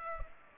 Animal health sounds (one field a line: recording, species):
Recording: mosquito wingbeat signal from an infrared sensor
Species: Culex pipiens